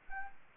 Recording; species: mosquito wingbeat signal from an infrared sensor; Anopheles arabiensis